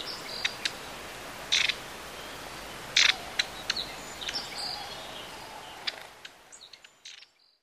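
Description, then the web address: Long-tailed tit calls: a few short, rough, buzzy bursts mixed with scattered thin high notes, irregular, fading out at the end. "Bird Song Site Tit, Long-tailed - Mesange (longue queue )"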